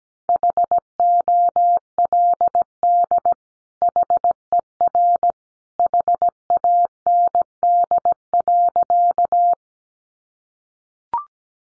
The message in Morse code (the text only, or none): HOLD HER HAND.